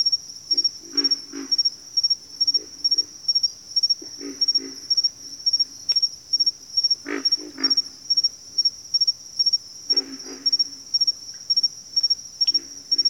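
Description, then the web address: Pig frog calls, rough low grunts in irregular bursts, set against an unbroken high-pitched cricket chorus. "Sleep Sounds of Nature. Pig Frogs"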